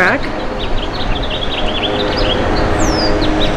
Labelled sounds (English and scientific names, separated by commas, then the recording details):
House Finch (Haemorhous mexicanus) song
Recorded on Long Island, New York, on 21 April 2011
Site SR
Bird E